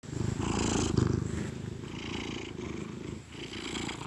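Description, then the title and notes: Domestic cat purring, a steady low rumble with rough, uneven swells of loudness throughout. Contented cat purring gently. "Cat Cafe Purr-Finale. the gentle purrs of a contented cat"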